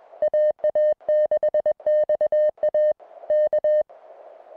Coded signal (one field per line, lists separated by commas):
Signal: Morse code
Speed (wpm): 22 wpm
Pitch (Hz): 610 Hz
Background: music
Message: AA6XA K